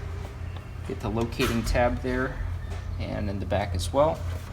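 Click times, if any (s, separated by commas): none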